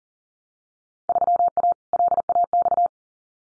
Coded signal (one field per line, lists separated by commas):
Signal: Morse code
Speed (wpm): 42 wpm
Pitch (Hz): 700 Hz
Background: none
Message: 3A LAX